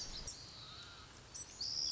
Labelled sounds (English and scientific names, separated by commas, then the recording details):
Pacific Wren (Troglodytes pacificus)
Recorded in Sonoma County, California